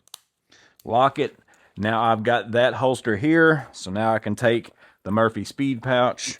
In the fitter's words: got my little piece in the way, snap that. Lock it.